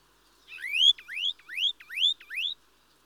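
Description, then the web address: Mistle thrush delivering a quick series of five rising, slurred whistles, each under half a second long. "BBC Sound Effects Library - Complete 60 CDs Collection Sound Effects Library-47 (Birds) Mistle Thrush (Turdus Viscivorus)"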